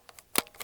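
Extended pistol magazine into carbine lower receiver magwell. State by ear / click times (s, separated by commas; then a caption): not seated / none. An extended 10-round polymer ETS pistol magazine is pushed into the magwell of an aluminum 9mm carbine lower, giving a few small rattling and contact ticks with the loudest knock near 0.4 seconds. The magazine does not lock into the lower, and nothing has seated or clicked yet.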